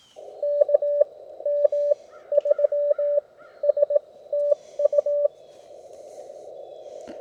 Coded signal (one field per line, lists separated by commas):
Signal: Morse code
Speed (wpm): 17 wpm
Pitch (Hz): 580 Hz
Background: none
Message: KM3S TU